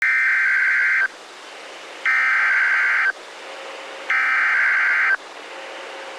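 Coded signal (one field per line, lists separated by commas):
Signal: Emergency Alert System (SAME) tones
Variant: header bursts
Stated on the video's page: Severe thunderstorm warning alert.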